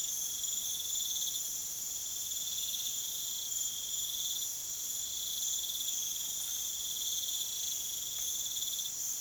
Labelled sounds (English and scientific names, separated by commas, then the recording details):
none
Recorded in pastures near Puerto Asís, Putumayo, Colombia, on 25 June 2025 at 23:30
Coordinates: 0.487, -76.322
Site H26